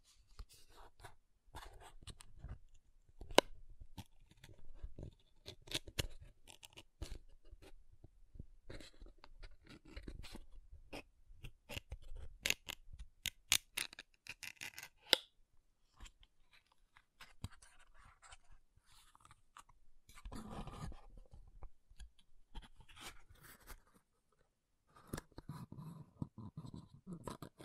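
Tapping and scratching on makeup, a steady stream of sharp clicks and taps with soft scraping between them. The taps come quickly and irregularly throughout, with a few louder knocks near 3 and 15 seconds, and a rougher, lower rubbing around 20 and 26 seconds.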